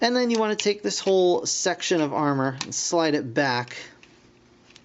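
Someone talks for most of the clip while handling a whole plastic armor section of a transforming toy lion, about to slide it back on the toy body so it locks. The speech fades after about 3.7 s, leaving a quiet stretch with a faint tick near 4.8 s. Nothing has seated or clicked yet.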